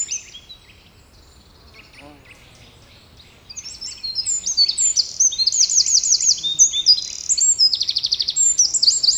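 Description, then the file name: Eurasian wren song: faint high notes at first, then a loud, lengthy, rapid cascade of trills and piercing notes through the second half. "Troglodytes troglodytes"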